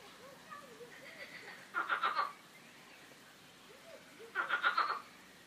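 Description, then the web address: Frogs giving two loud rattling croak bursts about two and a half seconds apart, with soft curving chirps in the background. Several frogs croaking, described as quacking, in a park. "coincoin des grenouilles dans le parc"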